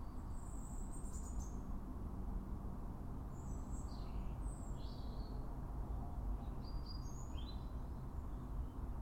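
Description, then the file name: European robin producing faint, high, scattered warbled notes in three short bursts, partly masked by loud low rumbling noise. "Erithacus rubecula"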